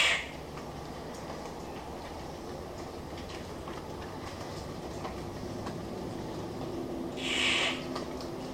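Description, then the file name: Victoria's riflebird rasping twice, once clipped at the very start and again near the end, with a long quiet stretch and a steady low hum between. "Ptiloris Victoriae"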